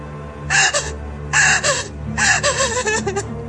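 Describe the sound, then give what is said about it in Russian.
A woman in labor lets out three strained bursts of gasping and moaning from contractions, each breathy and rising in pitch, with short pauses between them and no words spoken. “Да у нее схватки.”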